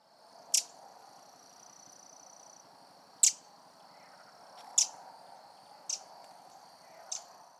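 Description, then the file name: Eurasian wren calls: sharp, short ticking clicks, five spaced one to three seconds apart, over a faint steady high tone and low background hum. "Troglodytes troglodytes"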